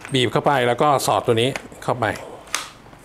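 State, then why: Seated. A plastic auxiliary handle grip is squeezed and its toothed piece slid into the matching toothed mount on the shaft of an OSUKA OCGT407 cordless brushless grass trimmer while someone talks. A sharp plastic snap at 2.6 s marks the grip seating onto the mount.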